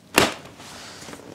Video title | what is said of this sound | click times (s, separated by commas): Putting Your BMW R1250GS Back Together With Confidence Screw By Screw | That is now clicked into place. | 0.2 s